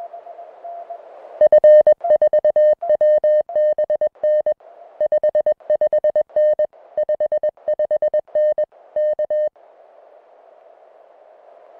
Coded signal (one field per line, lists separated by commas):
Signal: Morse code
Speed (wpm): 21 wpm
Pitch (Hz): 590 Hz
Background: music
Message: F4WBN 55N 55N K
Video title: Oat Mountain QSO Audio